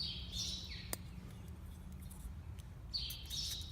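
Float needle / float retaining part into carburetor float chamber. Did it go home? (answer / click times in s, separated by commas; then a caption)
no / none. A float needle or float retaining part is handled at the bottom of a carburetor float chamber while bird chirps sound in the background, with a sharp tick at 0.9 s and a few faint taps after. The part has not seated or clicked into place yet.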